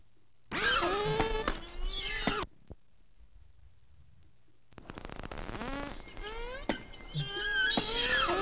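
Whale calls: squealing, harmonic whistles that bend up and down, in two bouts split by a few seconds of near silence, the later bout denser with overlapping calls.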